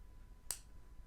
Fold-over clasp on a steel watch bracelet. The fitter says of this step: very solid click if i close it